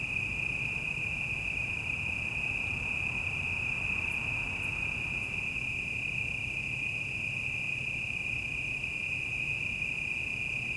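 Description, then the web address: Cicadas, a steady high droning buzz that never breaks, with a low rumble of traffic underneath and a few faint high ticks midway. Quieter city ambience at night and evening, cicadas with distant traffic; 5.1 surround recording. "City Night Evening Ambience, Quieter, Cicadas, Distant Traffic. GDC 2019-Game Audio Bundle 2496 Sound Effects - Surround in The Night"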